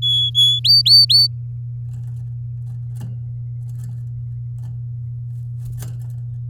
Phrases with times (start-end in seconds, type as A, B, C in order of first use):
0.02-0.59 A, 0.64-1.27 B